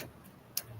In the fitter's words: I just pushed it on. It snapped right in.